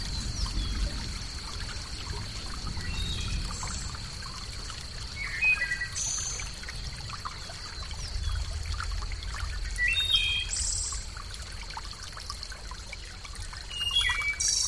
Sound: the music of the Earth